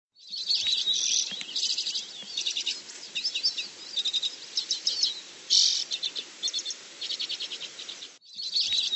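Bird chirping: many high thin twitters and quick trills in a continuous run, then a brief cut near the end.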